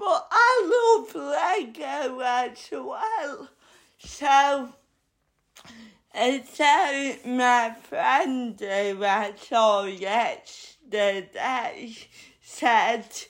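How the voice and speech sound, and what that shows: Slow, drawn-out speech from an adult woman with stretched syllables, blurred consonants and long pauses: dysarthria from cerebral palsy, present all her life, which makes her talk slowly.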